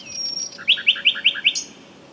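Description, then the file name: Common nightingale song: a thin whistle, then five loud, evenly spaced double notes in quick succession, ending with a brief high note. "Luscinia megarhynchos"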